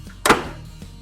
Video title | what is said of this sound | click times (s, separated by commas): Custom Dynamics Road Glide Lighted Center Windshield Trim! | and it snaps into place like that. You'll hear it. | 0.3 s